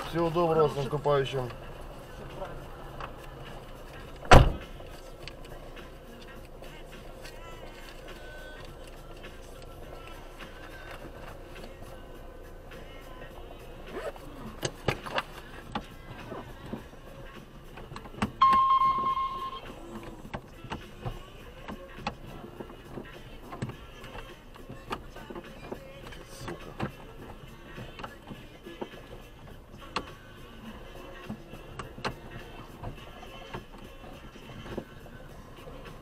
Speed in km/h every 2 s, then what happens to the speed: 0, 0, 0, 0, 0, 0, 0, 0, 4, 0, 3, 0, 0, 0, 0, 0, 0, 1.
0-36 standing.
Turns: none.